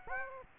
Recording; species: mosquito wingbeat signal from an infrared sensor; Aedes aegypti